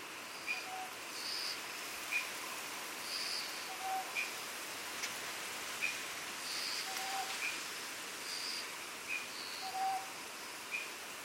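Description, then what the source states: Owl hooting with brief low notes spaced about three seconds apart, while sharp repeated ticking chirps and insect buzzing run through constant hissing ambience. Recorded on Iriomote Island, Okinawa, Japan.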